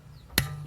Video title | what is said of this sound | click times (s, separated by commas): How to change your brakes rotors and sensors on a BMW f30 | you just want to kind of give it to pressure until it clicks there | 0.4 s